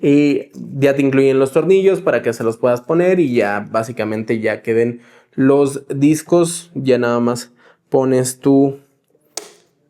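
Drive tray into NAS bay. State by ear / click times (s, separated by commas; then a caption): seated / 9.4 s. A plastic drive tray is pushed into a bay of a 4-bay Ugreen DH4300 Plus NAS enclosure while someone talks for most of the clip. The talking stops, faint sliding ticks follow, and a single sharp click at 9.4 s shows the tray has seated in the bay.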